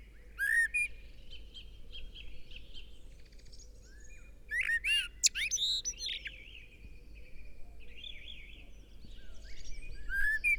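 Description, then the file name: Eurasian blackbird song: several short phrases of mellow whistles and high squeaky twitters spread throughout, over background noise. "Turdus merula"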